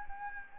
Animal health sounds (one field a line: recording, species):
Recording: mosquito wingbeat signal from an infrared sensor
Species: Anopheles gambiae